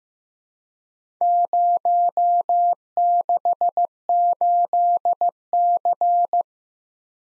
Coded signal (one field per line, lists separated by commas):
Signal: Morse code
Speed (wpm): 15 wpm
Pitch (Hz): 700 Hz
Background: none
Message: 068C